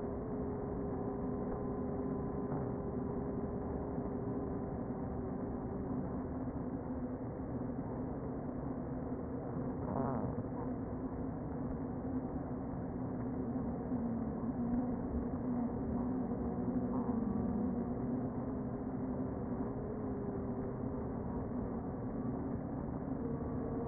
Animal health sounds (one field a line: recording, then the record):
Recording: honeybee colony, microphone inside the hive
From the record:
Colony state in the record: queen present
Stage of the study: before two queens were removed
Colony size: about 60,000 bees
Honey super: yes